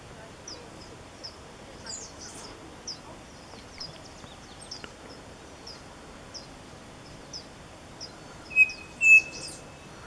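Bird chirps: a long run of short, high, thin notes roughly twice a second, followed by two level whistled tones near the end.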